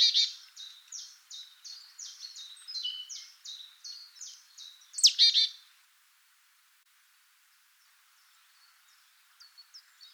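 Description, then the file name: Great tit calls: a long run of evenly spaced short descending chips, ending with a harsh buzzy burst, then near silence. "Parus major"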